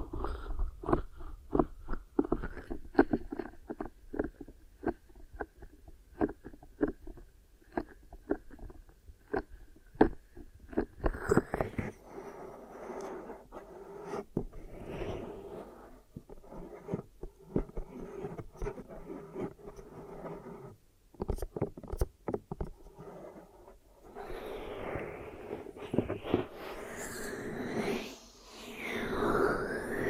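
Ear massage and cleaning, heard as muffled rubbing and a steady low hum, broken by frequent sharp clicks and taps. The first ten seconds carry rapid, regular ticks; after that come denser scraping and crackling, with bright squeaky rubbing swells near the end.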